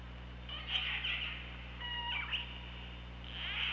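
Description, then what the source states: Killer whale: orca calls: short harmonic bursts and a brief steady tone, repeated a few times in under four seconds, with a background hum. Recorded with the OrcaLab hydrophone on 24 August 2017 at 15:19.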